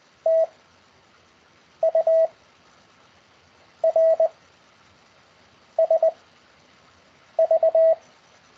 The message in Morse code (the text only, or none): T U R S V